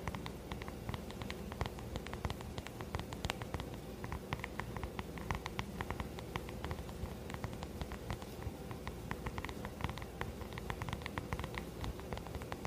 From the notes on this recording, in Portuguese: muitos sons de boca, tapping, cafuné e pincel na tela